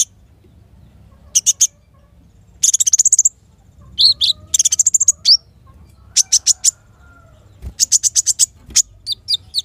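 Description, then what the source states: Van Hasselt's sunbird: short bursts of rapid, high, ticking notes separated by brief pauses, with a few slurred squeaks between. Vigorous, steady song of a caged bird, played to lure, rouse and train other caged sunbirds, including untrained young birds, into answering.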